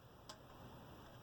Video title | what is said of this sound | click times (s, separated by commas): Replacing the vintage Icom IC-735 memory battery | Nice solid connections, nice positive clicks. | 0.3 s